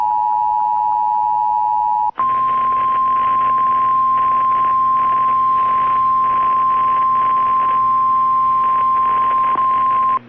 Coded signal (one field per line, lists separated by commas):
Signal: Emergency Alert System (SAME) tones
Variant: 853 and 960 Hz attention tone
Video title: EAS #67 - Tornado Warning for Southern Nebraska (EAS Fail)